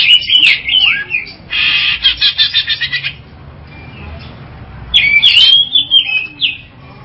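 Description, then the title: Long-tailed Shrike song: whistled slurred notes, a harsh buzzy chattering burst, then more whistled phrases after a short pause. "Audio Cendet Pentet"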